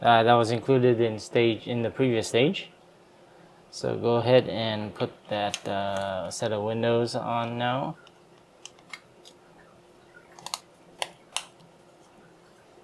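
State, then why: Seated. Someone talks for the first eight seconds while a set of clear plastic window pieces is readied for the hull section of a DeAgostini U.S.S. Enterprise D plastic scale model kit. After a few faint taps, the window set is pressed into the hull and gives sharp snaps at 10.5, 11.0 and 11.4 seconds as it clicks into place.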